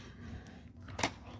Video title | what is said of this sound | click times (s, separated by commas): How To Setup Mario Kart Rainbow Road Hot Wheels - Put Together Mario Kart Rainbow Road | and that's going to click into place over here let me do that now | 1.0 s